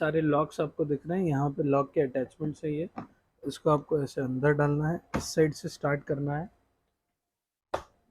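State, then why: Seated. Someone talks while the lock attachments of a plastic part are inserted into the body of a 12V battery-operated MEKASHI Mini Cooper ride-on toy car, starting from one side and pressing in. After a pause, a single sharp click sounds at 7.7 s as a lock seats, and the lock is fitted well.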